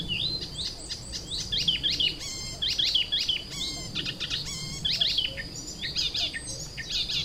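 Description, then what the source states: Icterine warbler song, a fast, varied stream of chattering, squeaky and upslurred notes with harsh buzzy bursts, over a steady high thin tone and low rumble. Kirchdorf, Germany.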